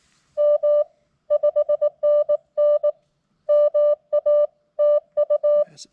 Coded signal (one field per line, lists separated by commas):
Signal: Morse code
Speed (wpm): 20 wpm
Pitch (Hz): 600 Hz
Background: music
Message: M 5NN MA TU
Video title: Battle of the budget busters! Which radio would I prefer to listen to (KX2 vs TX-500)?